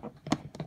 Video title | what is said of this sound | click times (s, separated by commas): 170109-1 Car Camera Mount on Rear View Mirror - Kodak V570 | just snaps right in yep and | 0.3 s